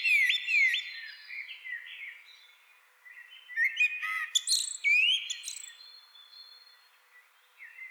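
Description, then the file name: Common blackbird fluted warbling with quick rising slurs and some high scratchy notes. "Turdus merula"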